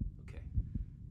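A regular heartbeat heard over an adult's chest through a handmade toy stethoscope.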